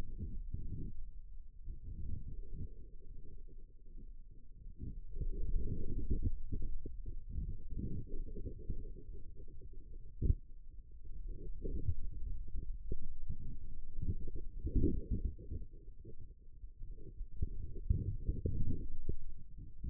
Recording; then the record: forearm muscle sounds (acoustic myography)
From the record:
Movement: radial deviation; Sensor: system 2, bracelet of six BSWA MPA416 microphones around the upper forearm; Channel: 4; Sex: male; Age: 22 years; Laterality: right